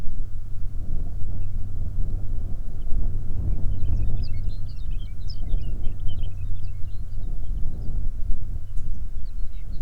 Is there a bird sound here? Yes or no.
yes